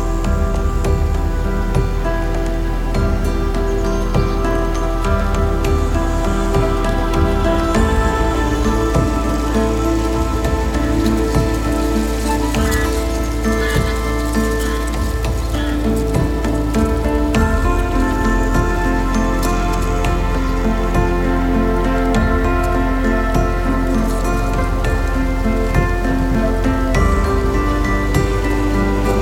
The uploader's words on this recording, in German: Natur - Hochgern im Chiemgau. Aufnahme vom Hochgern bei Wind und Wetter.